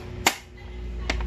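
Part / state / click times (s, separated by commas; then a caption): internal paper-feed part going into the inkjet printer body / seated / 0.3 s. A plastic internal paper-feed part is lined up and pushed into the body of an Epson L3110 inkjet printer during reassembly to fix a paper feeding problem. It snaps into place with a sharp, loud click at 0.3 s, followed by quieter short clicks around 1.1, 1.2 and 1.3 s over a low steady background hum. The part is seated.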